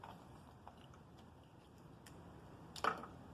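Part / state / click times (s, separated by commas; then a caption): headlight harness plug into LED headlight connector / not seated / none. A headlight wiring harness plug is handled and pushed toward the plastic socket of a new LED headlight for a Jeep, making faint scattered taps and a brief louder clatter of handling near the end. The clip stops before the connector goes home, so nothing has seated or clicked yet.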